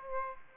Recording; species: mosquito wingbeat signal from an infrared sensor; Aedes aegypti